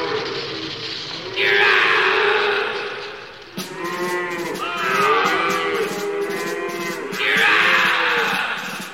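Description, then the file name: Cow lowing in three long, loud moos with wavering harmonics, each lasting about two seconds, separated by short pauses. "contend with cow"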